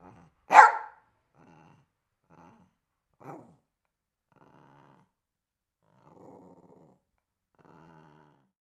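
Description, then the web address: Dog giving one sharp loud bark, followed by a weaker bark and quiet low grumbling sounds across the rest. "Tom Hutchings Dog Barking"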